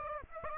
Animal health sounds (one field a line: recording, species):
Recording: mosquito wingbeat signal from an infrared sensor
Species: Aedes aegypti